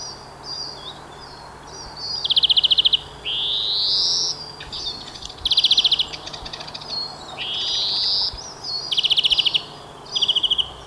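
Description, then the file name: European greenfinch singing buzzy rising wheezes twice, alternating with fast dry trills and short twitters. "Chloris chloris"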